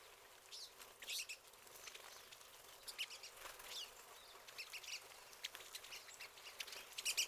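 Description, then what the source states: Pine siskins chattering, with scattered short high chirps and twittering notes coming in irregular bursts. Several birds.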